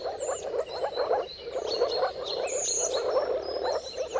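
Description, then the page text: Moor frogs in dense mating chorus, a continuous bubbling, muffled croaking around a low-mid pitch, with thin bird whistles and chirps above. Chorus of moor frog mating calls at sunrise, at the turn of March and April, timing depending on the weather. "Dawn’s Chorus: Mating Calls of Marsh Frogs at Sunrise. Depending on the weather at the turn of March and April, you can witness an amazing spectacle of moor frogs. Jakub-Orzecki moor frogs"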